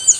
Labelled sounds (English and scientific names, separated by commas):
Yellow-throated Warbler (Setophaga dominica) flight call